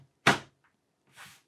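The tool-less left side panel of a steel/aluminum Antec Dark Cube PC case is pushed onto the case frame and snaps into place with a single sharp knock at 0.3 s. A fainter, softer broadband sound follows around 1.2 s, and the panel is seated.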